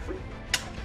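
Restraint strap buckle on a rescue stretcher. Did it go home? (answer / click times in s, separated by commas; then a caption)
yes / 0.5 s. A restraint strap buckle on a rescue stretcher (spinal board) is fastened over a road-accident victim. It gives a sharp, short click at 0.5 s, over music playing underneath, and the strap is clicked shut and seated.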